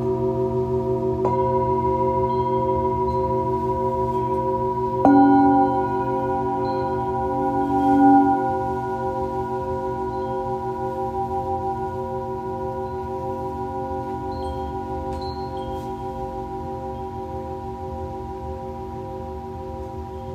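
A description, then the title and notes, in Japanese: Tibetan singing bowls ring in long, overlapping tones. New strikes land near 1 second and 5 seconds, adding brighter layers over a steady low hum, with a gentle swell around 8 seconds. The sound stays sustained, slowly fading toward the end. チベタンシンギングボウル。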